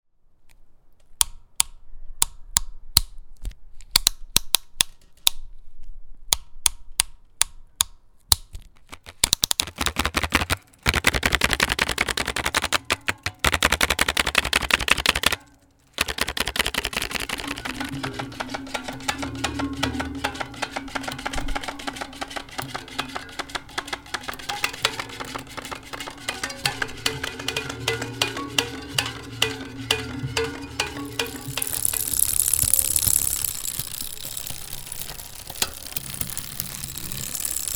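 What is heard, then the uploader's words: Bike sounds: sharp ratcheting clicks, sparse at first, then dense and continuous from about sixteen seconds, with a low whirring hum underneath. Bike sounds with Martin Almaraz. Recorded and edited by Emily Shaw.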